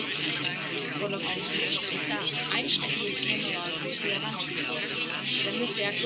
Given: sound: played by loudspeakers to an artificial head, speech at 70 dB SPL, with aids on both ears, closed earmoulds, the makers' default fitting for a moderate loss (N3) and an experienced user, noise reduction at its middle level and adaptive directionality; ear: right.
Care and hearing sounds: speech test signal (ISTS) in cocktail-party noise; -6 dB; in front (0 degrees)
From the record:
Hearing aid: class 1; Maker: A

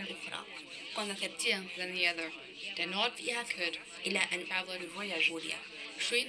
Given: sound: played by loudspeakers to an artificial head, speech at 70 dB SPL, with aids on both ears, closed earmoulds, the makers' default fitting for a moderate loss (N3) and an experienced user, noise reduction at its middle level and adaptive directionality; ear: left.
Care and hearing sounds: speech test signal (ISTS) in cocktail-party noise; +9 dB; in front (0 degrees)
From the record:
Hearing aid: class 2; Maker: C

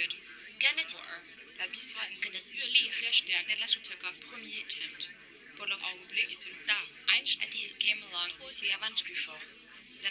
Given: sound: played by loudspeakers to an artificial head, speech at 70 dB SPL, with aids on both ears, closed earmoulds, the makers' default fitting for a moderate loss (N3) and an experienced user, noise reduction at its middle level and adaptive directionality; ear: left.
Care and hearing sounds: speech test signal (ISTS) in cocktail-party noise; 0 dB; in front (0 degrees)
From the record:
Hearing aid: class 2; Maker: H

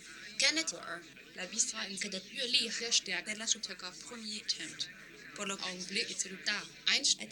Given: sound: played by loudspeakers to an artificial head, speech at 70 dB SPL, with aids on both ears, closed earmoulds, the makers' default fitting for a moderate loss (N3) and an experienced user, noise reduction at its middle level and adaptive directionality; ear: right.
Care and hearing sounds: speech test signal (ISTS) in cocktail-party noise; +6 dB; on the right (90 degrees)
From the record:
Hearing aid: class 1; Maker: J

